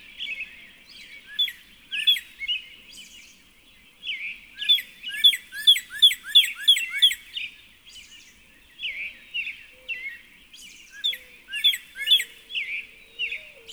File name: Northern Cardinal